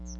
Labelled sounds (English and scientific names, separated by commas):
Chestnut-sided Warbler (Setophaga pensylvanica) flight call